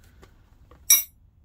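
A steel combination wrench is pulled out of its clip on a plastic wrench organizer rack from Tekton Tools. A sharp metallic clink at 0.9 s marks the release, with faint small ticks before it. The wrench comes right out easily and is released.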